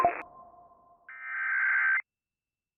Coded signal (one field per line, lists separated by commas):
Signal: Emergency Alert System (SAME) tones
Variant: header bursts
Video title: THE ALERTS KEEP COMING... EAS Alerts from 3/14-15/24 (EAS #3,736 - 3,756)